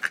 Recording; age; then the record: pig call; piglet (1 to 25 days)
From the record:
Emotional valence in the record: positive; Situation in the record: after nursing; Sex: male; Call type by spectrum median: low-frequency call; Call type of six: low-frequency tonal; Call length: 0.11 s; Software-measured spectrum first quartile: 1567 Hz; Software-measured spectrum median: 1736 Hz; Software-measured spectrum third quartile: 2362 Hz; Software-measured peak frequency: 1616 Hz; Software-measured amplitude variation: 270 dB a second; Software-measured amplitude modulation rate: 4.6 a second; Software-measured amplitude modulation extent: 59.2 dB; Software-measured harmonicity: 4.7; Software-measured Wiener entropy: -1.30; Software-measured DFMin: 1123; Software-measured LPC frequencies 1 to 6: 1649, 2800, 3874, 4697, 5513, 6239 Hz